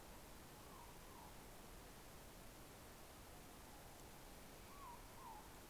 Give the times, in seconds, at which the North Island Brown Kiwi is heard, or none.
none